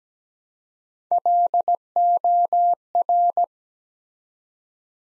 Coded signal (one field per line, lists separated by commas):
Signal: Morse code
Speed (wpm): 17 wpm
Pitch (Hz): 700 Hz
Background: none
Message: LOR